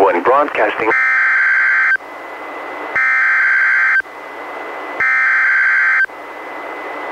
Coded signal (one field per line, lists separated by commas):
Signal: Emergency Alert System (SAME) tones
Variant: header bursts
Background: speech